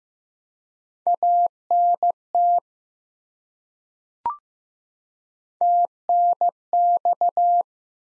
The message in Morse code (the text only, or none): ANT TNX